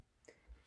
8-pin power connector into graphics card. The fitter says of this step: just push down. You'll hear it click in place.